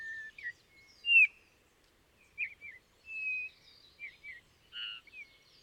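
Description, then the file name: Eurasian bullfinch calls: soft, pure piping whistles, some level and drawn out, others short and dipping, spaced irregularly over a few seconds. "Pyrrhula pyrrhula"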